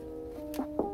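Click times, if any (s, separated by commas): none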